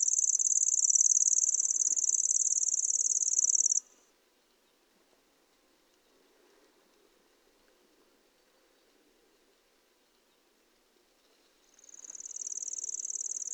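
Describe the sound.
Bird reeling song: a continuous high mechanical trill that cuts off, leaves a long quiet gap, then starts up again near the end.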